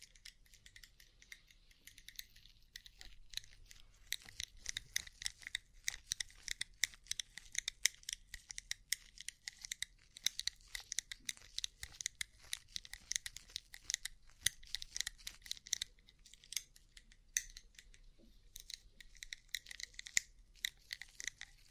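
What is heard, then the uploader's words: Rapid, crisp tapping on a rhinestone-covered surface, with dense clusters of small sharp clicks and glittery scratches running almost continuously. The taps are bright and light, thickening in bursts through the middle and near the end, over a faint low rumble. ASMR Rhinestone Covered Tapping 3Dio (No Talking).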